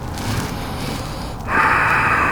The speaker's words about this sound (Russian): Шипящее дыхание.